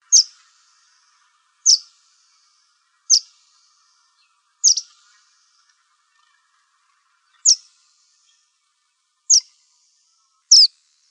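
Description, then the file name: Verdin calls, short sharp high chips given singly every one to three seconds, seven in all, with a quiet background. "VERD 3 Deviche"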